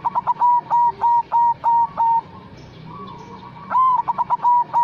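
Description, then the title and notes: Zebra dove song, a run of quick staccato notes leading into drawn-out steady coos, a pause, then the phrase starting again with rapid clipped notes. Zebra dove lure, in lively, vigorous (gacor) song. "Pancingan Perkutut. Suara Burung Perkutut Gacor"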